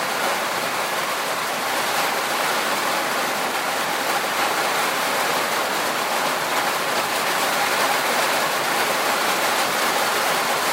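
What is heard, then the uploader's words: Rain patters steadily on a tin roof, a dense, even hiss of countless drops with a bright, slightly metallic edge. The sound holds constant for the whole stretch, with little low rumble and no distinct thunder standing out. The gentle pitter-patter of raindrops on metal.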